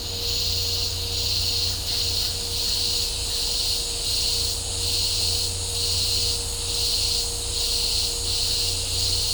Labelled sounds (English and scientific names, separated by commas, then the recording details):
none
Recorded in dense forest near Puerto Asís, Putumayo, Colombia, on 26 December 2024 at 08:30
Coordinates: 0.503, -76.323
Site G043